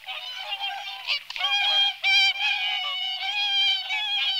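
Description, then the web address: Whooper swan honking, nasal, trumpet-like notes from several birds overlapping, held steadily with brief breaks. "cygnus cygnus"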